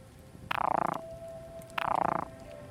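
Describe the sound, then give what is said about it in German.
A frog in a moor croaks twice, each call a raspy, rapidly pulsing burst about half a second long, separated by a short pause, with a faint steady hum lingering between them. “Blau gefärbt, dann der Frosch.”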